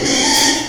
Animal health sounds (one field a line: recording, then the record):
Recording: squeal of a Yucatan mini pig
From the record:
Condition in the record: before surgery on the right vocal fold (resection and tissue-engineered implant)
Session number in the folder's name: 2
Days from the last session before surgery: 0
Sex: male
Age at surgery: 12 weeks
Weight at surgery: 13 kg